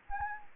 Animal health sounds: mosquito wingbeat signal from an infrared sensor; Anopheles gambiae

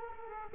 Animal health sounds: mosquito wingbeat signal from an infrared sensor; Culex quinquefasciatus

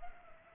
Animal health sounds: mosquito wingbeat signal from an infrared sensor; Culex pipiens

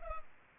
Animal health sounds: mosquito wingbeat signal from an infrared sensor; Culex pipiens

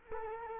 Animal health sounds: mosquito wingbeat signal from an infrared sensor; Culex quinquefasciatus

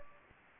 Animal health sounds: mosquito wingbeat signal from an infrared sensor; Anopheles gambiae

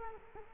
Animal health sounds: mosquito wingbeat signal from an infrared sensor; Culex quinquefasciatus

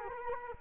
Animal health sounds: mosquito wingbeat signal from an infrared sensor; Culex quinquefasciatus

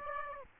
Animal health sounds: mosquito wingbeat signal from an infrared sensor; Aedes aegypti

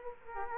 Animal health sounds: mosquito wingbeat signal from an infrared sensor; Culex quinquefasciatus

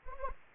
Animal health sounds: mosquito wingbeat signal from an infrared sensor; Anopheles arabiensis

